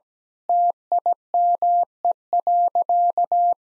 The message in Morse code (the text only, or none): TIME.